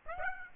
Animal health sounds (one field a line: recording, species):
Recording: mosquito wingbeat signal from an infrared sensor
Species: Aedes aegypti